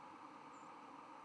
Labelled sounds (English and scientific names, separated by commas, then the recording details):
White-throated Sparrow (Zonotrichia albicollis) flight call
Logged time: 03:10 on 11 November 2014